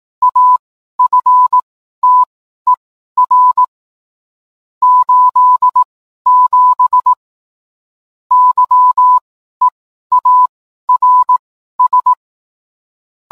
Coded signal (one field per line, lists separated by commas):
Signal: Morse code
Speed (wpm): 18 wpm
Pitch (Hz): 1000 Hz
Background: none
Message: AFTER 87 YEARS